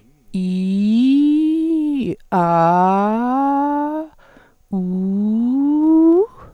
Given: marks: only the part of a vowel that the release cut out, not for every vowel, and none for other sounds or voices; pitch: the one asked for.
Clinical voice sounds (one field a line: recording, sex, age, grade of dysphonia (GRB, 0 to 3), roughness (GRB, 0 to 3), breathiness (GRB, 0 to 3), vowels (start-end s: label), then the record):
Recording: sustained vowels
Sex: female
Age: 60 to 69 years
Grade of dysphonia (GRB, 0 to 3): 2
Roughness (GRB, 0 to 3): 0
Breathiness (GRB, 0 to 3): 0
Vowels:
0.45-1.99 s: vowel /i/, low-high-low pitch
2.40-3.85 s: vowel /a/, low-high-low pitch
4.80-6.11 s: vowel /u/, low-high-low pitch
From the record:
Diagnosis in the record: phonasthenia (vocal fatigue)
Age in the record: 64 years